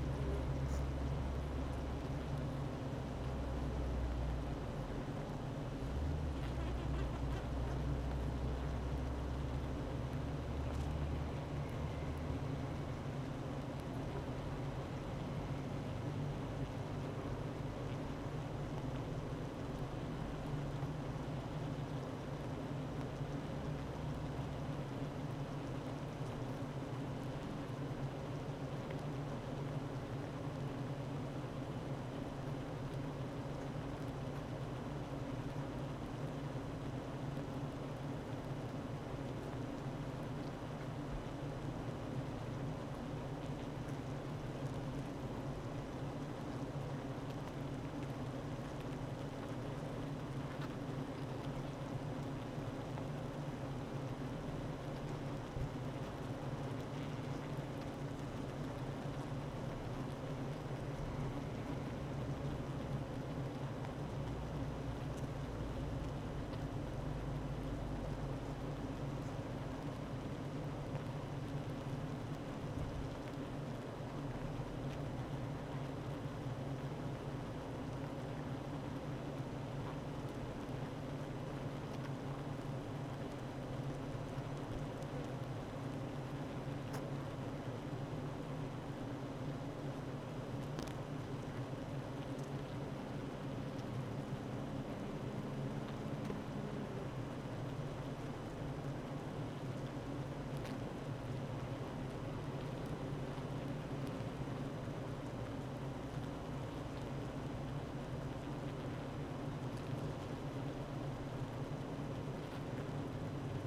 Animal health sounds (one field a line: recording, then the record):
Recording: honeybee colony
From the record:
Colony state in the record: active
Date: 12 June 2018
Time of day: 9:12